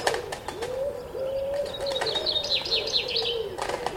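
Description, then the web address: Pigeon giving a long, low, drawn-out coo that holds steady for nearly three seconds, with a small songbird trilling high above and other birds chirping. Early morning, with other birds calling. "Tom Hutchings Birds Early Morning Featuring Pigeons"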